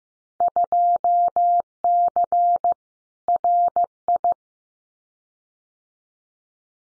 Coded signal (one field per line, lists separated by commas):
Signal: Morse code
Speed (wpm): 15 wpm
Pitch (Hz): 700 Hz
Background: none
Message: 2C RI